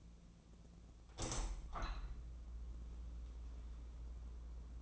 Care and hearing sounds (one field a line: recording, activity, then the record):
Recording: daily activity, microphone in the room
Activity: open window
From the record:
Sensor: 1